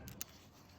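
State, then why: Not seated. Another attempt to engage an action camera mount lock on a motorcycle mount brings two brief, sharp sounds near 0.1 s and 0.2 s, followed by a steady low background. The lock fails to click, and nothing has clicked yet.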